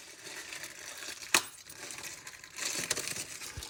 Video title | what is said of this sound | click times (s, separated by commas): How to Replace/Install an iZone Zone Motor | we attach our zone motor cable back in. So when we're putting it in, making sure that we make it click. | 1.3 s